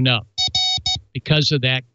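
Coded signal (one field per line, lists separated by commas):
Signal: none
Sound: music jingle notes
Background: speech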